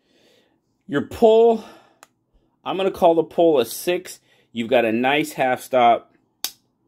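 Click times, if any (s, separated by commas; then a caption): 6.4 s. The blade of a slip joint pocket knife is pulled open and snaps into its open detent under the back spring with a sharp click at 6.4 s. Someone talks before the snap.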